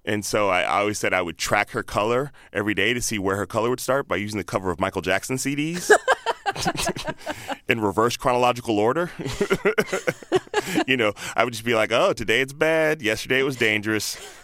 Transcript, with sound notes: and so I always said I would track her color every day to see where her color would start by using the cover of Michael Jackson's CDs...
(LAUGHTER)
...in reverse chronological order.
(LAUGHTER)
You know, I would just be like, oh, today it's "Bad," yesterday was "Dangerous,"